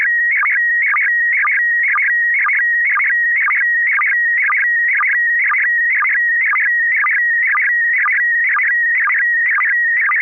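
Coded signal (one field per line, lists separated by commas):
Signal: SSTV (slow-scan television)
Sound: steady mid whistle broken by regular warbling chirps about twice a second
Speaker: uh does anybody else have a picture that they want to send or shall I send a picture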